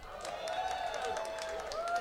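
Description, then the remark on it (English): A crowd cheers and hollers with scattered clapping, a steady wash of raised voices holding at a constant level for about two seconds. “By round of applause, be real with yourself. How many people here got a raggedy car? Make some noise.”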